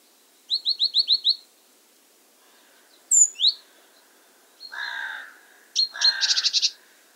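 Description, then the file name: Great tit calls: a quick run of six notes, a high sweeping pair, then a harsh churring burst and a rapid buzzy rattle. "Parus major"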